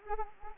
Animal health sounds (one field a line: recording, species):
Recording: mosquito wingbeat signal from an infrared sensor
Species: Anopheles arabiensis